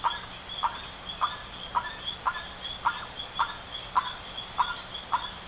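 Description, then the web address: Bird calls: a regular run of short, buzzy notes, close to two each second, set over an unbroken high-pitched hum. "BIRD 2015 SABIOD 50 bird 2015"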